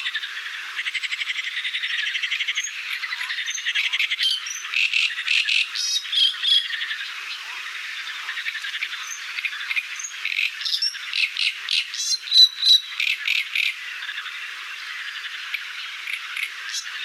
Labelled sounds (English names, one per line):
Great Reed Warbler song